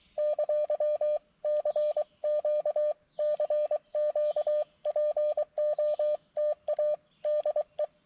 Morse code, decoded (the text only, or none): ! CQ CQ POTA DE